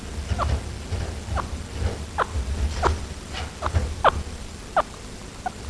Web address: peppi chinchilla